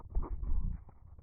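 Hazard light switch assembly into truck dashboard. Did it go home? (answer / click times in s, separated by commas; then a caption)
no / none. A plastic hazard-light switch assembly is handled and pushed toward its spot in a truck's dashboard trim. Only low, muffled rubbing and soft bumping handling noise is heard, with no sharp click. Nothing has seated or clicked yet.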